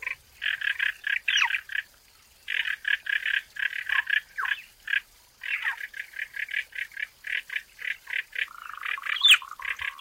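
Frogs call in a woodland, a dense run of rapid, evenly spaced pulsed croaks in the mid-high range that pauses briefly near two and five seconds, then resumes. Thin, brief bird calls cut in, with a sharp rising chirp around nine seconds.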